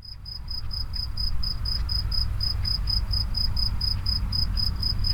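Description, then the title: Grasshopper stridulation: short, pure, high chirps repeated about four times a second in an even series over a steady low rumble. Locusts near the Henri Bridge at Niévroz. "Niévroz, Locusts near the Henri Bridge - Criquets vers le Pont Henri"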